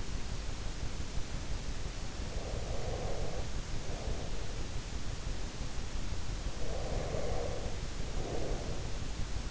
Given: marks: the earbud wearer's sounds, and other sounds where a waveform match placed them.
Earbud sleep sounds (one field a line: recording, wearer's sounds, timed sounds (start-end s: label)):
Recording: sounds in sleep by an in-ear microphone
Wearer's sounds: breath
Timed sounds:
2.23-4.66 s: breath
6.65-9.51 s: breath